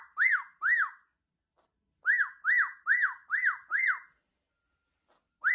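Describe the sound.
Amazon parrot calls: arched, rising-and-falling whistled notes, a pair first, then after a pause a run of five, with another starting at the close.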